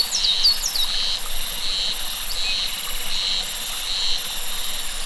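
Cicada song, a high buzz switching on and off in even blocks, with a few sharp chirps at the start.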